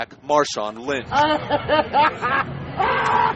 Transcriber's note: laughter